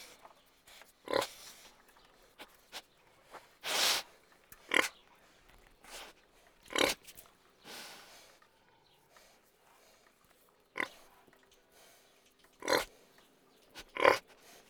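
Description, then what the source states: Pig grunts: short, harsh, noisy bursts repeated irregularly, with soft sniffing between them. Pig grunting and sniffing.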